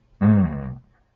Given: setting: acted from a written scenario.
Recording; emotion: vocal sound without words; pride